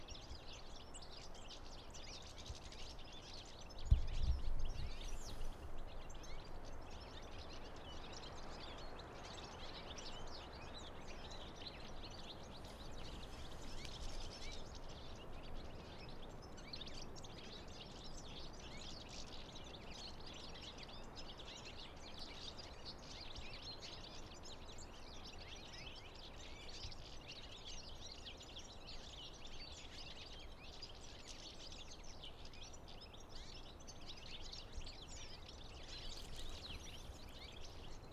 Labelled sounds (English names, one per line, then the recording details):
European Goldfinch call
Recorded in the wild
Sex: group
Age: adult
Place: Bernau bei Berlin, Bernauer Forst, Brandenburg, DE
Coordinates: 52.6975, 13.5211
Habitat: wood
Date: 2007-01-05 12:38
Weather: unsettled, ca. 5°C, moderate to strong winds
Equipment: Sound Devices 702, Sennheiser MKH 70, Windkorb
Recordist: Frommolt, Karl-Heinz